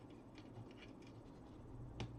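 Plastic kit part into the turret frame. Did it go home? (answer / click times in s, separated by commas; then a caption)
no / none. While assembling an IR turret kit, a plastic kit part is handled against the turret frame, with soft scratching and light rubbing throughout and one sharp tap at 2.0 s. Nothing has seated or clicked into place yet.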